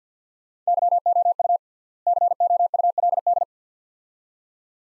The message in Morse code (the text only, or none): YOU COULD